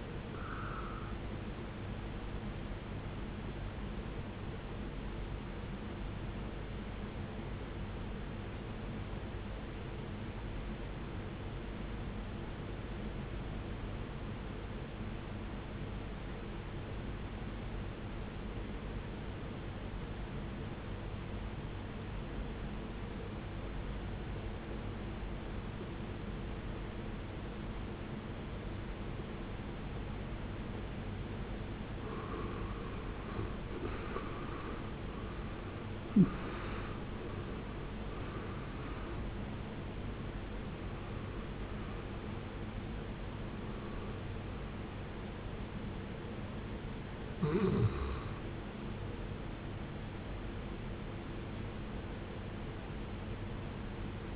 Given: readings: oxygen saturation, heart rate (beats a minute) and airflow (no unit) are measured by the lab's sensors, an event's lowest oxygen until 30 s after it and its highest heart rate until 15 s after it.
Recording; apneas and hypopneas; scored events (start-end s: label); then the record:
breathing in sleep by a voice recorder at the bedside; 1
11.00-31.30 s: obstructive apnea (N1, oxygen 95% highest, then 74% lowest, heart rate 66 at the start, 87 highest)
From the record:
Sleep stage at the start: N1 (lightest sleep); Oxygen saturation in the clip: 74 to 95%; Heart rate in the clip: 51 to 87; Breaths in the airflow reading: 6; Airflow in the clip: -18.6 to 17.0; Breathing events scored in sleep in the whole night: 389 in 6.3 hours asleep